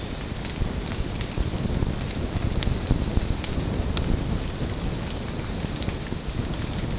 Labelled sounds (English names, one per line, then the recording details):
none
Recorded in secondary vegetation near Puerto Asís, Putumayo, Colombia, on 8 March 2025 at 03:30
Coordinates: 0.481, -76.318
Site G097